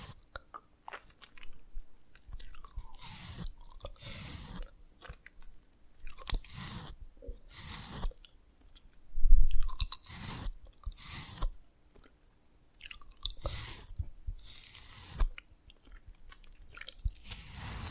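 Dalgona candy being tapped and cracked in short, sharp bursts of crisp crunching, separated by brief pauses. The clicks and snaps come irregularly, every second or so, with a louder crack just after nine seconds. Soft crunchy, chewing-like textures fill some gaps.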